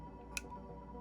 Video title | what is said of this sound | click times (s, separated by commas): Star Wars Micro Galaxy Squadron TIE Fighter Review 2022 | you can see they snap into place | 0.4 s